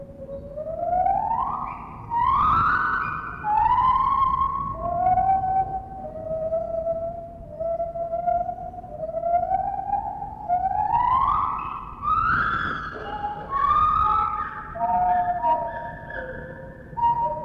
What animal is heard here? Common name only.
Lar Gibbon